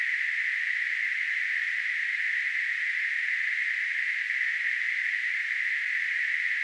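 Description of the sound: Simulated tinnitus: a steady, unbroken hissing noise band centered around 2 kHz, with no low-frequency content, holding constant throughout.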